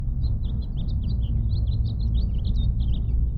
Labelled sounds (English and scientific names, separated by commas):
House Finch (Haemorhous mexicanus) song